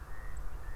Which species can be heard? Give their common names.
Song Thrush